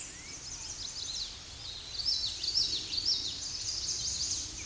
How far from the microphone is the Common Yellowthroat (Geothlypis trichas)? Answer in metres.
about 25 m